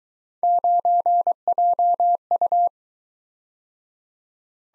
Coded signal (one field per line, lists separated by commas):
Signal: Morse code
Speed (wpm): 22 wpm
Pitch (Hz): 700 Hz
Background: none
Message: 9JU